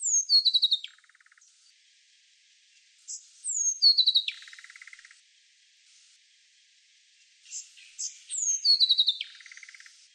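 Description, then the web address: Brown thornbill song, high sweet phrases slurring downward then ending in a low buzzy rattle, repeated about every four seconds, three phrases in all. Recorded in a garden in Canberra, Australia. "brown Thornbill. canberra garden birds"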